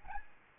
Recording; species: mosquito wingbeat signal from an infrared sensor; Aedes albopictus